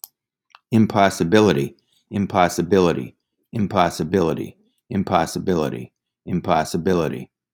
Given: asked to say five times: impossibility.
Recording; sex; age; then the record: repeated word; male; 60 to 69 years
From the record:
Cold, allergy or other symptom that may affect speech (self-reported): no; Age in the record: 65 years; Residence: Massachusetts, United States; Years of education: 13